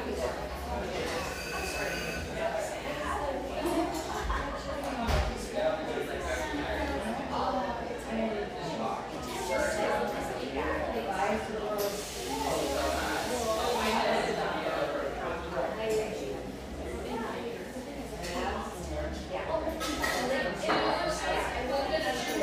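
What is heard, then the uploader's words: A humming café near the beach north of San Diego, filled with steady overlapping chatter from many voices, a woman's voice sometimes standing out. A low hum runs underneath throughout, with a brief hiss around twelve to fourteen seconds and occasional clinks. Humming café, settled near the beach just north of San Diego.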